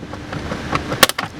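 Someone tries to snap the plastic HVAC blend door actuator arm back onto its track in the heater box under the dash of a 2014 Jeep Patriot, with faint plastic scraping and handling ticks. Instead of seating, a plastic piece pops off with sharp snaps at 1.0 s and 1.2 s, so the arm comes off rather than clicking into place.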